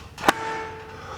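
A small locking latch on an aluminium rooftop tent shell is worked to open it, giving a sharp click at 0.3 s. The click is followed by a faint ringing tone and low background noise, and the latch is released.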